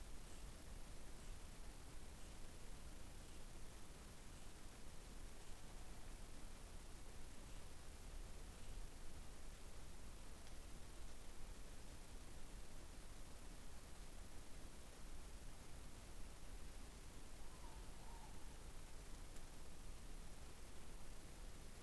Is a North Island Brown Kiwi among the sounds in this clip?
no